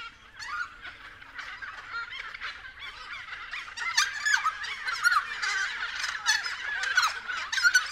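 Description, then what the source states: Friarbird chorus starting quieter then growing louder, raucous cackling and clattering notes from several birds overlapping continuously. Several friarbirds recorded at 6:30 AM.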